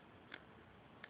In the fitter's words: dengan cara memutar hingga terdengar Bu Bui klik